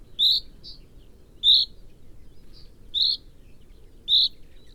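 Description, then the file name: Common chaffinch repeating a bright, clipped 'pink' call every second or so, with fainter short notes in between over quiet background hiss. "Fringilla coelebs"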